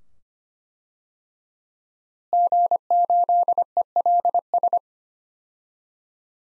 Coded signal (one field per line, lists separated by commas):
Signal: Morse code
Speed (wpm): 25 wpm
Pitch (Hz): 700 Hz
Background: none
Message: G8ELS